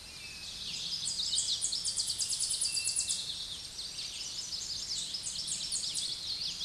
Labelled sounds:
Tennessee Warbler (Leiothlypis peregrina) song
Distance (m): 20 m
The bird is about 5 m below the microphone
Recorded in a Pennsylvania forest on 16 May 2024 at 07:50
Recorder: AudioMoth, point MSD-2417
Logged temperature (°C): 16.4 °C
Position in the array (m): 83 m, 75 m

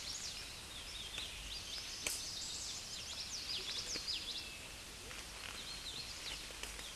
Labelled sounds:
Common Yellowthroat (Geothlypis trichas) song
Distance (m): 15 m
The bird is about 5 m above the microphone
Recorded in a Pennsylvania forest on 16 May 2024 at 09:42
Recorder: AudioMoth, point MSD-2039
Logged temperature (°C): 15.0 °C
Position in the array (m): 78 m, 100 m

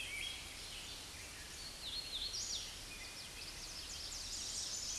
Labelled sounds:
Hooded Warbler (Setophaga citrina) song
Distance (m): 40 m
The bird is about 15 m above the microphone
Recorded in a Pennsylvania forest on 16 May 2024 at 07:10
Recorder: AudioMoth, point MSD-0079
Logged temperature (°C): 16.1 °C
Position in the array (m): 149 m, 116 m

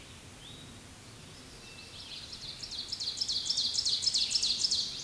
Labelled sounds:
Ovenbird (Seiurus aurocapilla) song
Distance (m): 15 m
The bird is about 5 m above the microphone
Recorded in a Pennsylvania forest on 16 May 2024 at 06:24
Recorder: AudioMoth, point MSD-2287
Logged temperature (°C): 11.2 °C
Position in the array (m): 135 m, 5 m

